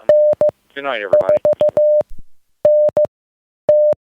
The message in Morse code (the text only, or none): N4NT